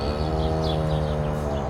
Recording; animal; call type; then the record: contact call of a hoofed animal; cattle; low-frequency (closed-mouth) or high-frequency (open-mouth) call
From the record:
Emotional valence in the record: negative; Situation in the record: full separation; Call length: 1.70 s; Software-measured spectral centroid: 1690 Hz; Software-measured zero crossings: 1150 a second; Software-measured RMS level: -24 dBFS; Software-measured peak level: -12 dBFS